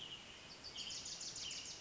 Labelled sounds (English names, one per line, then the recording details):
Wilson's Warbler
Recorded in Sonoma County, California